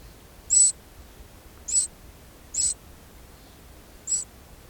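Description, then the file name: Eurasian wren giving four short, very high, sharp single call notes, irregularly spaced. "Troglodytes troglodytes"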